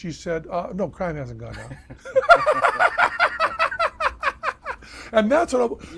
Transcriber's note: laughs